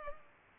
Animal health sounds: mosquito wingbeat signal from an infrared sensor; Culex pipiens

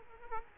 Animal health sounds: mosquito wingbeat signal from an infrared sensor; Culex quinquefasciatus

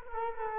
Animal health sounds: mosquito wingbeat signal from an infrared sensor; Culex quinquefasciatus

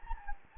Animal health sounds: mosquito wingbeat signal from an infrared sensor; Anopheles gambiae

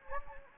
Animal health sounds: mosquito wingbeat signal from an infrared sensor; Anopheles gambiae

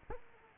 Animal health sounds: mosquito wingbeat signal from an infrared sensor; Aedes aegypti

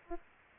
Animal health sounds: mosquito wingbeat signal from an infrared sensor; Aedes aegypti

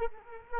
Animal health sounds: mosquito wingbeat signal from an infrared sensor; Culex quinquefasciatus

